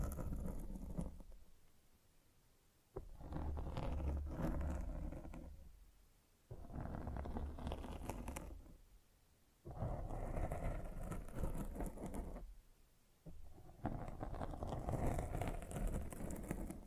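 A microphone is scratched and rubbed in repeated bursts, each lasting about two to three seconds, starting around 0, 3, 6.5, 10 and 13 seconds. The rough, grinding scrapes are full and rumbling, with sharp clicks marking the starts, separated by short near-silent gaps.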